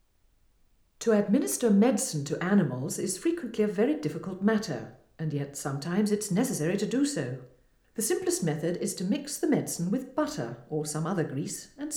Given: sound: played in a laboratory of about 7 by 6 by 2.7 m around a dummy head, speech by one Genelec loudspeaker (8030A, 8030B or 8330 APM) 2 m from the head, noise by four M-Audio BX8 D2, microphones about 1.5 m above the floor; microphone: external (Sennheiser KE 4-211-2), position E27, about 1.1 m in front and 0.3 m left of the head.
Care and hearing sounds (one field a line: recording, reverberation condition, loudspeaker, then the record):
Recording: female speech in English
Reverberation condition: medium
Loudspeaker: in front (0 degrees)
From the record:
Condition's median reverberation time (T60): about 510 ms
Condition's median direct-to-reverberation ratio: about -0.5 dB